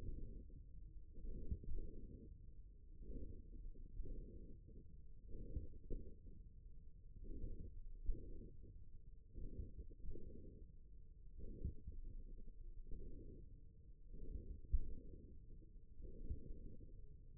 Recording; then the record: forearm muscle sounds (acoustic myography)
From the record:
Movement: wrist extension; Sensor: system 1, eight BSWA MPA416 microphones around the upper forearm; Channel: 7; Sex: male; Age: 54 years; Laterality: right